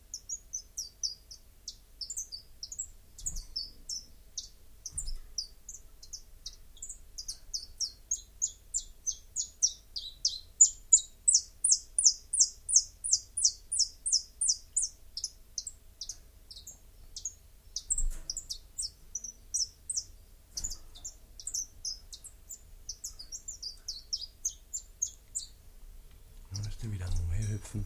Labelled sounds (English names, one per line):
Common Chiffchaff song